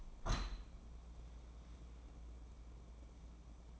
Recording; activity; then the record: daily activity, microphone in the room; open window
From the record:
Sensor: 1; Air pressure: 1012.3 hPa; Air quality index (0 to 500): 163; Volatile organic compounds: 3 ppm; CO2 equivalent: 1332 ppm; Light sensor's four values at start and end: 181/412/183/200 and 183/418/185/203